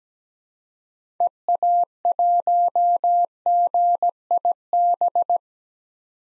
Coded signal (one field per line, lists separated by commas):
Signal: Morse code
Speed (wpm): 17 wpm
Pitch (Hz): 700 Hz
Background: none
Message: EA1GIB